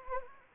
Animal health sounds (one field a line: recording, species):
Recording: mosquito wingbeat signal from an infrared sensor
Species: Anopheles gambiae